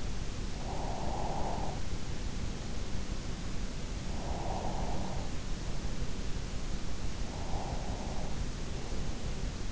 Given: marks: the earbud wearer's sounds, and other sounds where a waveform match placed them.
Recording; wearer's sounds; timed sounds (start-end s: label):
sounds in sleep by an in-ear microphone; breath
0.00-2.63 s: breath
3.43-6.35 s: breath
6.86-9.72 s: breath